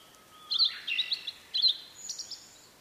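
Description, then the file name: Blue-and-white flycatcher giving one short phrase of bright whistled twitters followed by a high buzzy ending, a low steady whistle just before it. "oruri"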